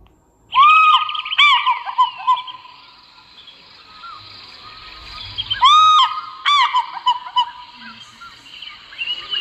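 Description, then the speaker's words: African fish eagle calling: two loud ringing bouts, each a high yelping slurred note followed by quicker yelps, separated by a few seconds of quiet hiss. Played from a sound-reader book by pressing the fish eagle picture; called the voice of Africa, its call evokes South Africa. "Wat jy doen is jy vat jou klankleser, jy druk op die prentjie van die visarend en dan klink hy so."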